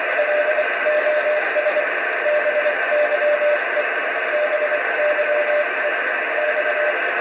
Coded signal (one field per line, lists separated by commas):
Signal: Morse code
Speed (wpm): 24 wpm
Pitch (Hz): 600 Hz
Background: none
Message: LOS BYE BYE X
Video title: cq cw at my LOS time on Satellite DOSAAF-85 (RS-44) 3 SEPTEMBER 2021